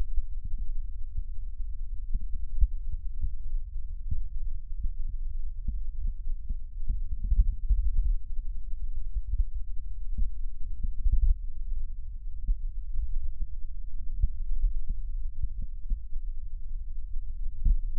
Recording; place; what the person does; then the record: lung sounds by stethoscope; right posterior basal chest; quiet breathing, then deep breathing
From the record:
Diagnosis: interstitial lung disease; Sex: male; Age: 65 years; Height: 161 cm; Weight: 74.6 kg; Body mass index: 28.8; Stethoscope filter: bell mode